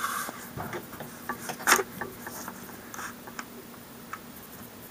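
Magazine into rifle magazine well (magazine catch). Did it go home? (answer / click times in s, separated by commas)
no / none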